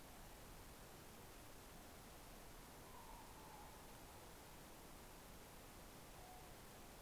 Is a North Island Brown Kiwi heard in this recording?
no